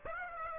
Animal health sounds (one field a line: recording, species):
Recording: mosquito wingbeat signal from an infrared sensor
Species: Aedes aegypti